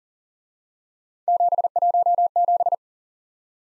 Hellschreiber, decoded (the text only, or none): none